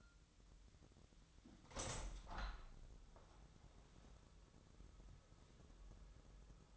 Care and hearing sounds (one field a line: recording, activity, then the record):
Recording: daily activity, microphone in the room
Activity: open window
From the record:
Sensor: 3